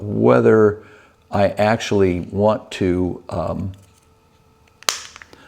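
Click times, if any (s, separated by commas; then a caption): 4.9 s. A Cardo Pack Talk Black motorcycle intercom module is pushed onto its plastic mounting cradle on the side of a Shoei X14 helmet shell while someone talks. After the talking stops, a sharp, loud snap is heard at 4.9 s, followed by a few faint clicks. The module is seated in its helmet mount.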